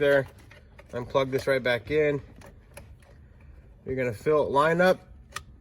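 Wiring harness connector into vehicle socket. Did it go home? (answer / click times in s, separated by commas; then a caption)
yes / 5.4 s. A wiring harness connector is lined up and pushed into its socket on a 2013 Ford Fusion during a remote car starter install, while someone talks. A few faint clicks come in the pause, then a single sharp click at 5.4 s as the connector snaps in and seats.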